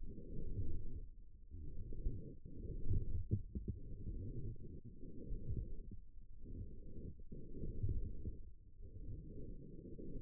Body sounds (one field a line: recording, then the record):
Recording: forearm muscle sounds (acoustic myography)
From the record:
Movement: forearm pronation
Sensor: system 1, eight BSWA MPA416 microphones around the upper forearm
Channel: 7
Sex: female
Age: 21 years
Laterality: right